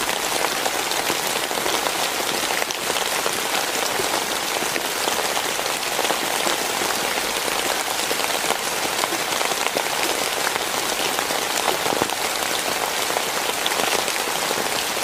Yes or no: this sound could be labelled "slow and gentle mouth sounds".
no